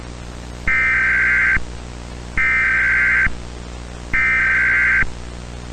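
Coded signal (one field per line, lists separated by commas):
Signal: Emergency Alert System (SAME) tones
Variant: header bursts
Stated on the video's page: Fictional EAS scenario.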